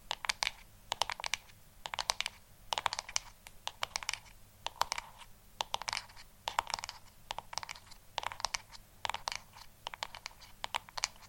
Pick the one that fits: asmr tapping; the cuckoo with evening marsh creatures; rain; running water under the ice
asmr tapping